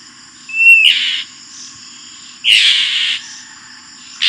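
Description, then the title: Oriental magpie-robin giving a thin rising whistle followed by harsh, buzzy rasping bursts, the bursts repeated a few times, with a steady high tone behind. Described as gacor, singing vigorously and continuously. "Kacer Gacor"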